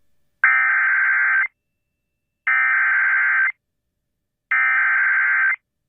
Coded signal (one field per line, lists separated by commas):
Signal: Emergency Alert System (SAME) tones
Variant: header bursts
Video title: Severe Thunderstorm Warning on WRVQ (EAS #570)